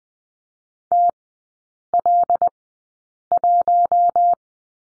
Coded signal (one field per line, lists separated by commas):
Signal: Morse code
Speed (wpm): 20 wpm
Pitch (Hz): 700 Hz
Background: none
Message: TL1